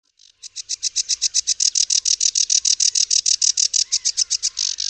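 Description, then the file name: Sedge warbler song: a fast, steady series of harsh buzzy notes repeated several times a second. "ROKITNICZKA"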